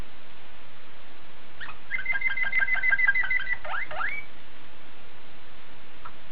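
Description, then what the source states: Waterslager canary song: a buzzy, rapidly pulsed trill on one pitch for about two seconds, ending in a few rising and falling flicks. Waterslager breed of canary.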